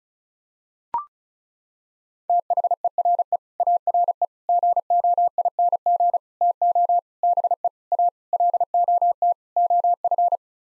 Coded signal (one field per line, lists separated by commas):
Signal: Morse code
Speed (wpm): 34 wpm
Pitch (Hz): 700 Hz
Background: none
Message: THERE ARE GOING TO BE A LOT OF